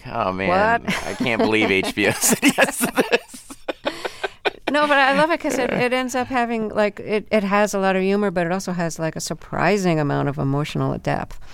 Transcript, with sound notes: ...Oh, man, I can't believe HBO said yes to this.
(LAUGHTER) No, but I love it because it ends up having - like, it has a lot of humor, but it also has, like, a surprising amount of emotional depth.